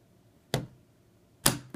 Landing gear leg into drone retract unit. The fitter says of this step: you just want to wait and hear the click